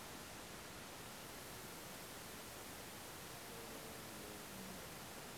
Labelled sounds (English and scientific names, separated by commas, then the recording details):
none
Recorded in France